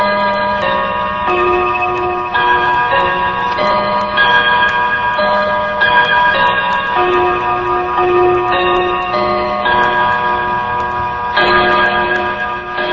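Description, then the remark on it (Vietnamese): A bell tolls urgently from a distant bell tower, struck about once a second, its loud, ringing metallic tones overlapping and sustaining between strikes without any voices. “Từ lầu chuông xa xa, tiếng chuông vọng lại cấp bách.”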